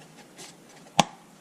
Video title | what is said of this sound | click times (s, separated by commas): 6.4 Powerstroke Maintenance | filter this thing goes right here snaps | 1.0 s